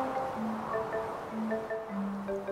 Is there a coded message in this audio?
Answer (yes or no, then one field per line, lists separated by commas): no